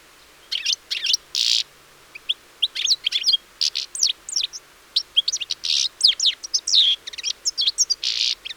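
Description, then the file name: European Goldfinch calls: lively twittering of bright tinkling notes mixed with several harsh buzzy bursts. "Carduelis carduelis"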